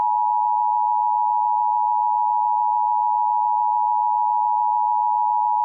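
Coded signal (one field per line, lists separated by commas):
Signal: Emergency Alert System (SAME) tones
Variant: 853 and 960 Hz attention tone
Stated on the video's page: Recreation of EAS bulletins for the 2007 Greensburg, Kansas EF5 tornado, including tornado warning and tornado emergency.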